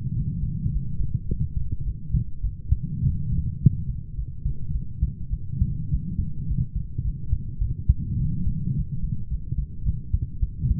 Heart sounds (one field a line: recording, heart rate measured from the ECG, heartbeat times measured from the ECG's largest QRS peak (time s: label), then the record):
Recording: heart sounds by stethoscope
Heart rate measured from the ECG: 105 bpm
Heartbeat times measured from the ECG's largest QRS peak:
0.14 s: heartbeat
0.71 s: heartbeat
1.28 s: heartbeat
1.84 s: heartbeat
2.42 s: heartbeat
3.03 s: heartbeat
3.60 s: heartbeat
4.16 s: heartbeat
4.73 s: heartbeat
5.32 s: heartbeat
5.90 s: heartbeat
6.47 s: heartbeat
7.03 s: heartbeat
7.60 s: heartbeat
8.18 s: heartbeat
8.74 s: heartbeat
9.29 s: heartbeat
9.84 s: heartbeat
10.41 s: heartbeat
From the record:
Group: healthy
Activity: light exercise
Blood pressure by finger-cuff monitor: 139/76 mmHg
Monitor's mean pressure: 92 mmHg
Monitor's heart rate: 105 bpm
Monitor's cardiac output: 8.9 L/min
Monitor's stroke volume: 84 mL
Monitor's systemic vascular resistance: 770 dyn s/cm5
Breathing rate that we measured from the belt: 24 breaths a minute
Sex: female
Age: 22 years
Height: 160 cm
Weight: 63 kg